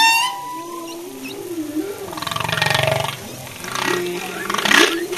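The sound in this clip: Humpback whale song with a wavering low moan, then grunting pulsed units and rising swoops that build and fade in uneven bursts.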